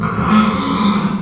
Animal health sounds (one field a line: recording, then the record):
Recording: squeal of a Yucatan mini pig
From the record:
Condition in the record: after surgery on the right vocal fold (resection and tissue-engineered implant)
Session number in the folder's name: 16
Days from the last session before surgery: 183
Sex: female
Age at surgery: 19 weeks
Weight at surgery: 25 kg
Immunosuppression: prednisolone